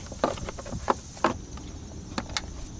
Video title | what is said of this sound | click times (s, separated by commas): Hyundai Radio Head Unit Not Working (Fix). Radio Won't Turn On. (Blown Fuse) | until you hear the click just like that all | 2.4 s